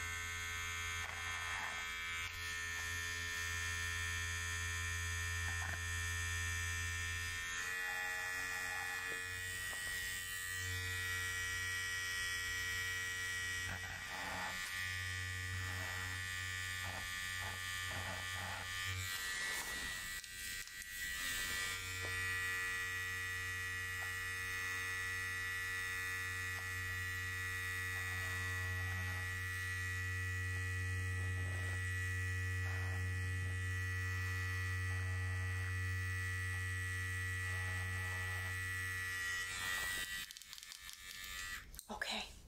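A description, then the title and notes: An electric clipper buzzes steadily for a beard shave and haircut, a low hum with a thin high whine riding above it. The motor tone shifts slightly as it moves, with brief scraping bursts near 8 and 20 seconds, then cuts off just before the end. Psycho Barber Shop Beard Shave, Haircut, & Side Buzz (ROLEPLAY).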